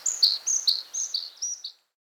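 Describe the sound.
Blue-capped redstart giving a brief high-pitched phrase of about eight quick, clear notes alternating up and down, ending abruptly in silence.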